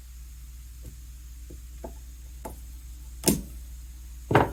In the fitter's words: Snapped right in there.